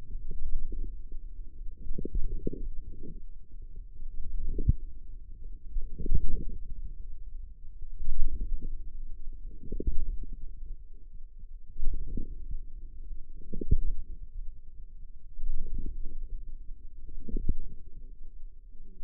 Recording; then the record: forearm muscle sounds (acoustic myography)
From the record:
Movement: wrist flexion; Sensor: system 2, bracelet of six BSWA MPA416 microphones around the upper forearm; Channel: 6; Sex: female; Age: 21 years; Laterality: right